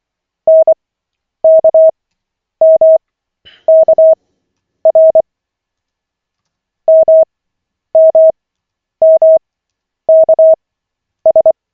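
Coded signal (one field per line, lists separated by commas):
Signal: Morse code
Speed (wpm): 24 wpm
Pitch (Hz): 640 Hz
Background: none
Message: NKMKR MMMKS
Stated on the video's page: Koch method CW practice session, lesson 6 of 40, on LCWO.net.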